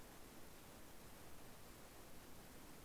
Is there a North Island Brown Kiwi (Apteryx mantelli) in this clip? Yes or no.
no